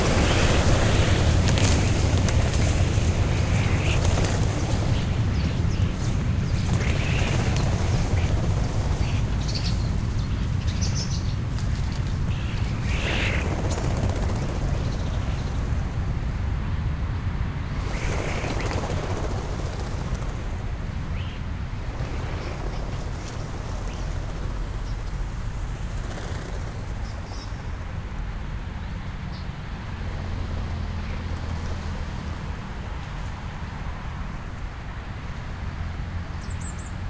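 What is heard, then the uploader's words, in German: A flock of starlings lifts off in the morning, a dense low rushing roar of wings with scattered chirps, slowly fading toward the end. Startende Stare. Wenn ein Vogelschwarm am Morgen losfliegt.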